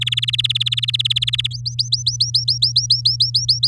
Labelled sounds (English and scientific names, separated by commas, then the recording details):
Domestic Canary (Serinus canaria) song
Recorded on 9 May 2018 at 12:59
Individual llb16